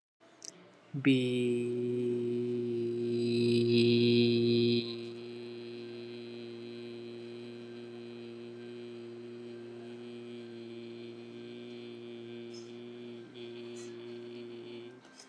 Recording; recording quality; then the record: sustained vowel as in beet; excellent, no background noise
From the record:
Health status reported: respiratory illness, not identified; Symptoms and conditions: asthma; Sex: male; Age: 23 years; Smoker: not ticked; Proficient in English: yes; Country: India